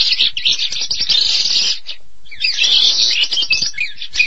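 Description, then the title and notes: Starling song in two bursts of rapid squeaky and buzzy chattering notes, split by a short silent pause midway. "suara burung jalak"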